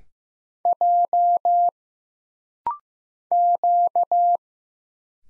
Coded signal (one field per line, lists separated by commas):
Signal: Morse code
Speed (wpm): 15 wpm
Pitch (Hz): 700 Hz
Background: none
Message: J Q